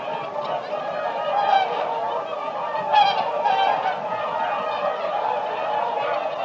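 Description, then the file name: Whooper swans honking together, many overlapping trumpet-like calls forming a steady babble, with a louder bugled note near the three-second mark. "audio hero Bird Whooper Swan"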